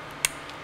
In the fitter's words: you hear that that click